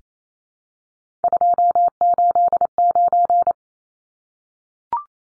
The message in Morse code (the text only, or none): 289